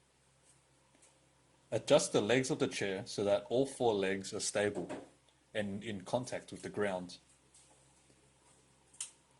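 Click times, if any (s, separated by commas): 9.0 s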